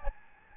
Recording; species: mosquito wingbeat signal from an infrared sensor; Aedes albopictus